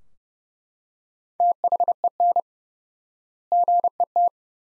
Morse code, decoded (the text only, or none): THEN GET